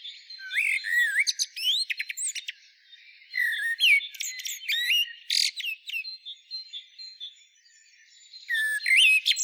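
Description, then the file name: Common blackbird calls: high squeaky chirps and rising twittery notes in several irregular bursts with short quiet gaps. "Turdus merula"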